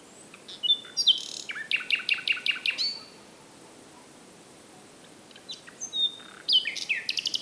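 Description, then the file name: Common nightingale singing a phrase of fast, evenly repeated loud notes after short whistles, then a pause before a whistled note and another rapid repeated series. "Luscinia megarhynchos"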